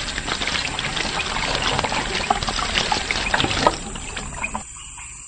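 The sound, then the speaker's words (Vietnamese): Clear, knee-deep water over pebbles in a cave pours and trickles steadily with bright splashy bursts, then a woman's hand scoops some up to taste before the flow thins and fades out near the end. No one speaks. “Cô cúi xuống đưa tay vụt nước, nhấm thử một ngụm.”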